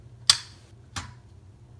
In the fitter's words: insert it evenly until you hear it click